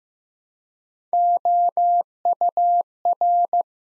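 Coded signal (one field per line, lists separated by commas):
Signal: Morse code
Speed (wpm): 15 wpm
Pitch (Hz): 700 Hz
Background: none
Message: OUR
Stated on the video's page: Morse practice at 15 wpm: three-letter words sent one letter at a time, a beginner word-building drill for instant character recognition.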